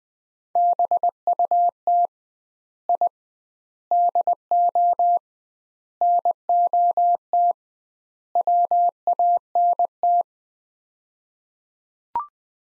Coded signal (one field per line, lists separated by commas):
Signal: Morse code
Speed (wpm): 21 wpm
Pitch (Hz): 700 Hz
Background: none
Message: BUT I DO NOT WANT